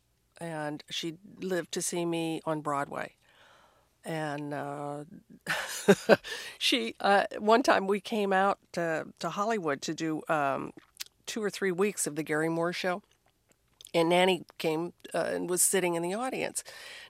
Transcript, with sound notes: And she lived to see me on Broadway. And (laughter) she - one time, we came out to Hollywood to do two or three weeks of "The Garry Moore Show." And Nanny came and was sitting in the audience.